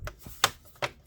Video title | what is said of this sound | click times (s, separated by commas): Dell Inspiron 17 3000 3793 Disassembly RAM SSD Hard Drive CMOS BIOS RTC Battery Replacement Repair | You can hear it click into place. | 0.1 s, 0.4 s, 0.8 s